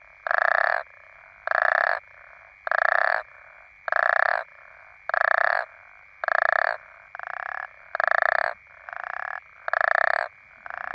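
African common toads producing rasping pulsed croaks at a steady pace, with a second, softer toad answering in the later part.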